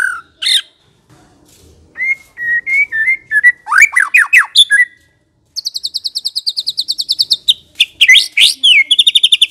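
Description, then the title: White-rumped shama song: varied whistles and downslurs, then a fast high buzzy trill and rapid repeated chips. Lure meant to provoke a fierce, aggressive white-rumped shama. "Pancingan Murai Batu Galak"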